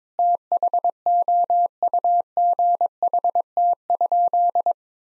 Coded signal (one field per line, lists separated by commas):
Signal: Morse code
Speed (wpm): 22 wpm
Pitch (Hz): 700 Hz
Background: none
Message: THOUGHT?